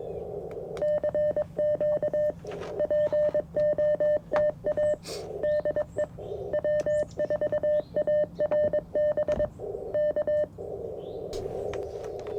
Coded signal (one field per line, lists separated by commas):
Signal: Morse code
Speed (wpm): 23 wpm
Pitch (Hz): 600 Hz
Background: none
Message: CQ POTA DE W4ARB K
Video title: CFT1 by KM4CFT First Impressions - & QRP CW POTA